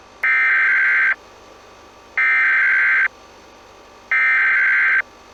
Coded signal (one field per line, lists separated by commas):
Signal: Emergency Alert System (SAME) tones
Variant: header bursts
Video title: SCP-001 "When Day Breaks" - Emergency Alert System (EAS)